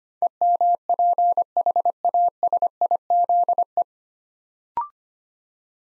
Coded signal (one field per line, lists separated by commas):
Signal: Morse code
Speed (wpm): 25 wpm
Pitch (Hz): 700 Hz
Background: none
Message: EMPHASIZE